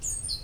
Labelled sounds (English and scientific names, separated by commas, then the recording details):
Stitchbird (Notiomystis cincta) song
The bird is a male
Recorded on Tiritiri Matangi Island, New Zealand, in 2005
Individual 14, of nest box 20